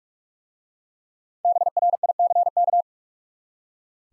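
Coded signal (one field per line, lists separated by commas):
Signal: Morse code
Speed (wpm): 44 wpm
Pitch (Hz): 700 Hz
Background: none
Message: BRICK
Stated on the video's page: Morse code practice of easy words with contextual hints at 45 wpm.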